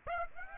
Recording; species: mosquito wingbeat signal from an infrared sensor; Aedes aegypti